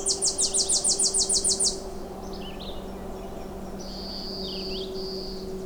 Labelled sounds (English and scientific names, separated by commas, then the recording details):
Red-eyed Vireo (Vireo olivaceus) song
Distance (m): 55 m
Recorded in boreal forest in Alberta, Canada, on 26 May 2016 at 07:07
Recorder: SongMeter 3, array SBT-3-15
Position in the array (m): 111 m, 190 m